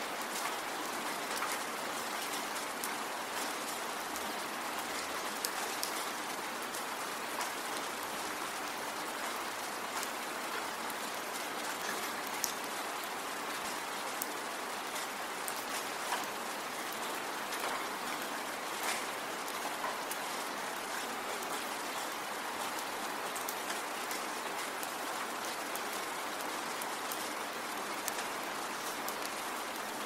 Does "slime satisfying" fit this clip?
no